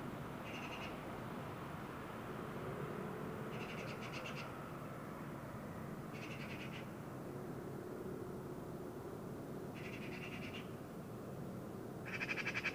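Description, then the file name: Eurasian magpie giving a few short, harsh chatter bursts, spaced out, over steady low background noise. "Pica pica"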